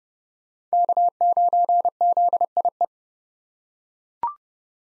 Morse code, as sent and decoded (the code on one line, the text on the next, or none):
-.- ----. --.. .. .
K9ZIE